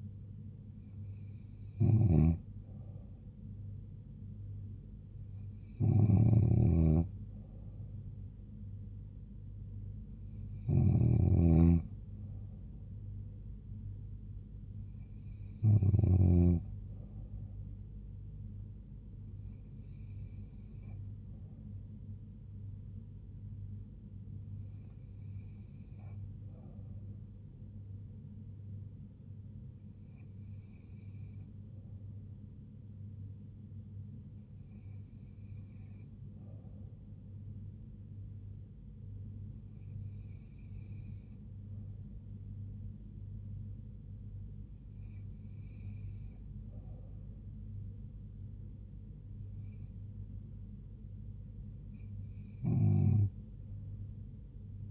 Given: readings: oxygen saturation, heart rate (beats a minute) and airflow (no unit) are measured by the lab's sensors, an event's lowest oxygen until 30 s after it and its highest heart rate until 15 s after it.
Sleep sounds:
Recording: breathing in sleep by a smartphone at the bedside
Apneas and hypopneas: none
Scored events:
26.00-54.91 s: new sleep stage, N3 (deep sleep)
From the record:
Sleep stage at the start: N2 (light sleep)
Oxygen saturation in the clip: 94%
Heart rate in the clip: 68 to 77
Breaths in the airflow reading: 12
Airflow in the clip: -3.4 to 2.9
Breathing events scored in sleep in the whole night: 158 in 7.3 hours asleep

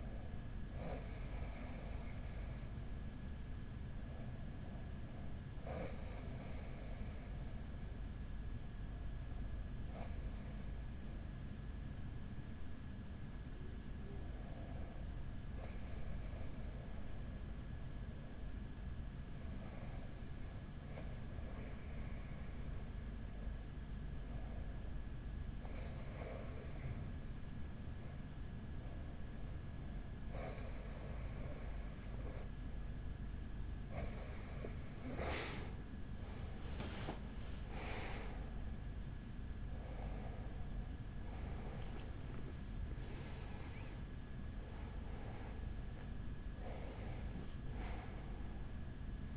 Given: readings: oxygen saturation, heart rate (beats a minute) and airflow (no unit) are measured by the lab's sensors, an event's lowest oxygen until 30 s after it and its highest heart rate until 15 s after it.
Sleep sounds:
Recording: breathing in sleep by a smartphone at the bedside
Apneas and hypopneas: 1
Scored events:
3.00-45.10 s: hypopnea (REM, oxygen 96% highest, then 94% lowest, heart rate 45 at the start, 63 highest)
From the record:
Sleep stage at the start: REM sleep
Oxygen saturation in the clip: 95 to 96%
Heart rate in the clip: 42 to 58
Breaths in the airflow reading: 12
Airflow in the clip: -8.1 to 8.3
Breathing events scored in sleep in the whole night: 207 in 7.6 hours asleep

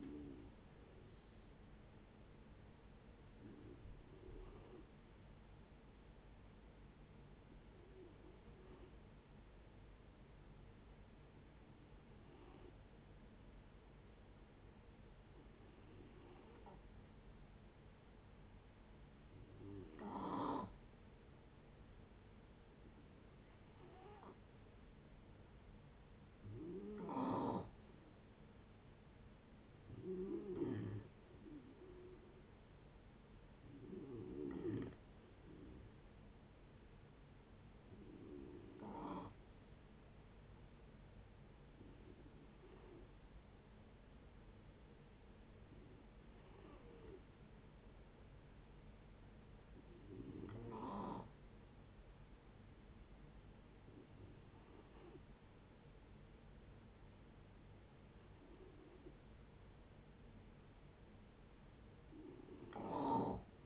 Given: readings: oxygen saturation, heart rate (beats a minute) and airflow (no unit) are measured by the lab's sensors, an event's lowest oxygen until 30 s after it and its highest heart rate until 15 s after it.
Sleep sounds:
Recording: breathing in sleep by a voice recorder at the bedside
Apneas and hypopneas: 2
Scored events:
7.00-26.50 s: hypopnea (N2, oxygen 95% highest, then 89% lowest, heart rate 65 at the start, 72 highest)
41.00-59.50 s: hypopnea (N2, oxygen 94% highest, then 89% lowest, heart rate 66 at the start, 68 highest)
From the record:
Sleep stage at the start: N2 (light sleep)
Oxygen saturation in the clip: 86 to 95%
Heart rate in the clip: 59 to 73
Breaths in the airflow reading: 17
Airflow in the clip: -6.5 to 10.4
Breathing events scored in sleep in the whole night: 496 in 5.4 hours asleep

